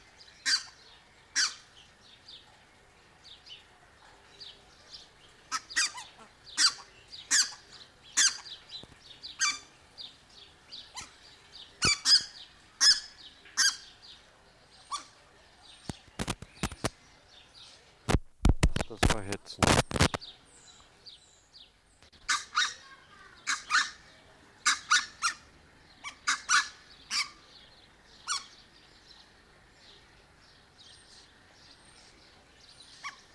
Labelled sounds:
Red-breasted Goose (Branta ruficollis) call
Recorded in captivity
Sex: diverse
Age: adult
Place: Zoo Berlin, Berlin, DE
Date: 1992-05-09 12:27
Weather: wolkig, 11-14°C
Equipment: Nagra SN, Mikrofon AKG CK 8, Kopie Tesla B 116
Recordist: Tembrock, Günter

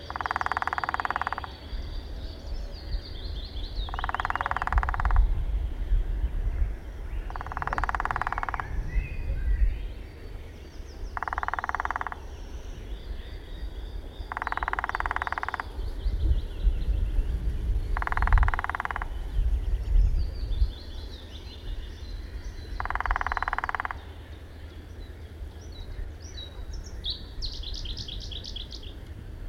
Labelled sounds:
Lesser Spotted Woodpecker (Dendrocopos minor) drumming
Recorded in the wild
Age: adult
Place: Zukowo, PL
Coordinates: 54.34, 18.365
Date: 1966-05-12 12:55
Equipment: Nagra III BH
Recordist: Schubert, Michael

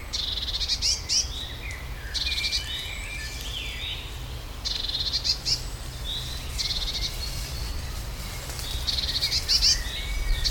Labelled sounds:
Eurasian Blue Tit (Cyanistes caeruleus)
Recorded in the wild
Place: Schloßpark Niederschönhausen, Berlin, DE
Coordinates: 52.58, 13.4
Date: 1996-05-26 17:18
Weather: wechselnd wolkig, 17°C
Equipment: Sony MD-WM MZ-R3, Sennheiser MKH 416 T, Kopie Uher 4000 Report Monitor
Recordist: Tembrock, Günter

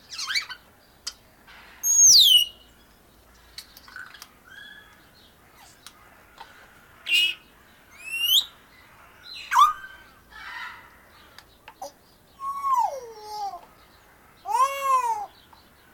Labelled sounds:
Grey Parrot (Psittacus erithacus) call
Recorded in captivity
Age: adult
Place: Zoo Berlin, Berlin, DE
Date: 1997-03-04 11:59
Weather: heiter, 10 bis 12°C
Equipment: Nagra SN, Kopie Uher 4000 Report Monitor
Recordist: Tembrock, Günter

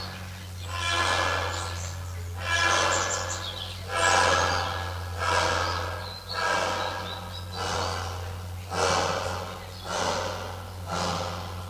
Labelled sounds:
European Robin (Erithacus rubecula)
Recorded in the wild
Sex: male
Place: Zoo Münster, Nordrhein-Westfalen, DE
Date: 1988-10-04 13:54
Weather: overcast, 14°C
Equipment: Sony WM-D6C, Kopie Uher
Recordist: Tembrock, Günter

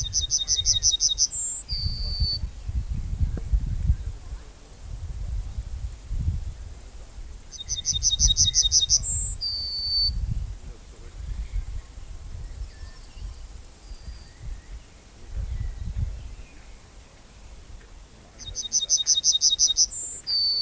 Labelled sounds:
Yellowhammer (Emberiza citrinella) song
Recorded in the wild
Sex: male
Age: adult
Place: Köppchensee, Berlin, DE
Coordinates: 52.6167, 13.3667
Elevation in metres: 40
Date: 2000-06-18 13:46
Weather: heiter, 22°C, zeitweise windig
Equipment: Nagra SN, Kopie Uher 4000 Report Monitor
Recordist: Tembrock, Günter

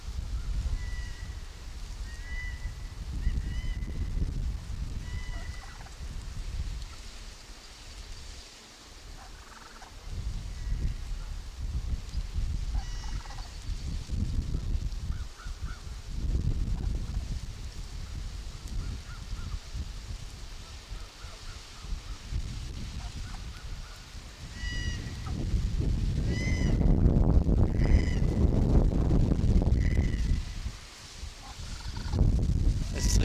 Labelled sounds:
Hawaiian Goose (Branta sandvicensis) call
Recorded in captivity
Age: adult
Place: Wildlife Park Shubenacadie, Nova Scotia, CA
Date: 1991-10-10 11:51
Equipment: Sony WM-D6C, Sony ECM-939 LT (Stereo), Kopie Uher 4400 IC
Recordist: Frommolt, Karl-Heinz

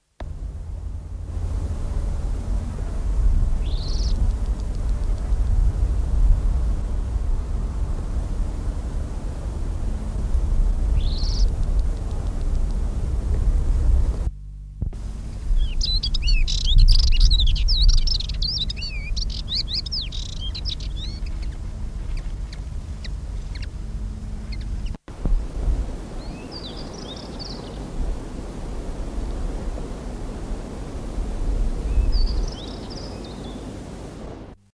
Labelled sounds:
Spectacled Warbler (Sylvia conspicillata) song
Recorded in the wild
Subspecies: orbitalis
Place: Teneriffa, Kanarische Inseln, Provinz Santa Cruz de Tenerife, ES
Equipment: Halbspur, 9,5 cm/s
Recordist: Lütgens, Hans
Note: Und La Gomera. Gesang

